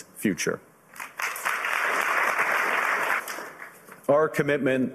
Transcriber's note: applause